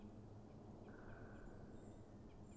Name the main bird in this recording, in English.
Great Spotted Woodpecker